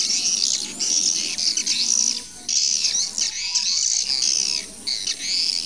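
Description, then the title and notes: Swiftlet gives shrill twittering phrases in bursts of about a second, with brief pauses between the chattering runs. Swiftlet sounds used in swiftlet farming in Asia. "Swiflet Bird Sound. Farming Swiflet Bird asia sound"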